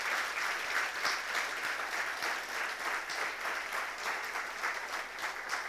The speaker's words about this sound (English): Vamos a darle un aplauso al Señor. Let us just clap our hands in the presence of the Lord. Vamos a levantar nuestras manos delante de la presencia del Señor. Let's just clap our hands in the presence of the Lord. Otro aplauso bien grande al Señor.